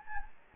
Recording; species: mosquito wingbeat signal from an infrared sensor; Anopheles gambiae